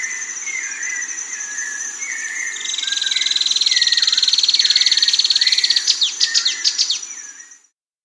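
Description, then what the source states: Streak-capped antwren song, a fast buzzy trill rising in intensity over several seconds, mixed with other birds' short whistles and a steady high insect hum. South America.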